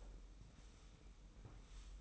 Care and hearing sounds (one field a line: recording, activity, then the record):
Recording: daily activity, microphone in the room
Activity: sweep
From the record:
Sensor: 1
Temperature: 25.3 degrees Celsius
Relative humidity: 44.0%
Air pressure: 990.5 hPa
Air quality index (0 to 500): 177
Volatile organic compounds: 1000 ppm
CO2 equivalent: 6527 ppm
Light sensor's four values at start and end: 29/67/29/31 and 29/67/29/31